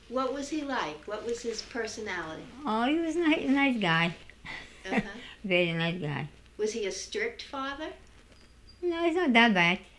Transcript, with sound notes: What was he like? What was his personality?
Oh he was nice guy, (she laughs) very nice guy.
Was he a strict father?
No, he's not that bad.